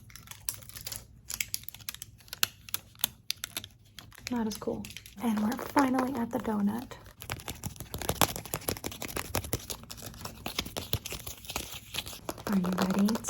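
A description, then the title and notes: Fast-paced squishy and crinkly triggers: a dense, rapid run of sharp clicks, taps and crackles that barely pauses. A voice murmurs between about four and seven seconds and again at the very end, with louder bursts of crinkling around the eight-second mark. ASMR Fast Paced Squishy + Crinkly Triggers.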